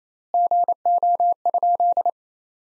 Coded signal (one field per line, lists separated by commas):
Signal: Morse code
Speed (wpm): 27 wpm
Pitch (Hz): 700 Hz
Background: none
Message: GO?